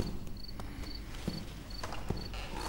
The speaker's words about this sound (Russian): На площадке перед его дверью сидит большой холеный черный док с цепью на шее. Отпирает ключом дверь. Оглядывается на собаку. Пес поднимается и входит в комнату.